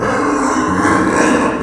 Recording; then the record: squeal of a Yucatan mini pig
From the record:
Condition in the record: after surgery on the right vocal fold (resection and tissue-engineered implant); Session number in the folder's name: 4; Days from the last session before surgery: 26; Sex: female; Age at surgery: 19 weeks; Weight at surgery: 25 kg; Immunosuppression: prednisolone